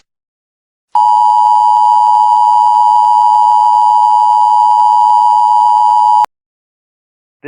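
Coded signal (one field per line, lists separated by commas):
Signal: Emergency Alert System (SAME) tones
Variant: 853 and 960 Hz attention tone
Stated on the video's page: Fictional analog horror emergency alert.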